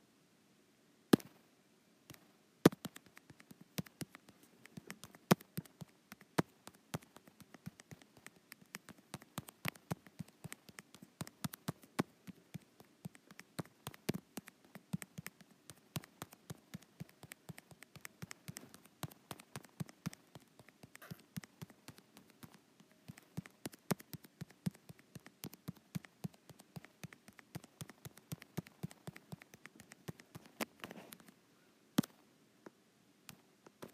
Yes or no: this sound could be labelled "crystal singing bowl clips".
no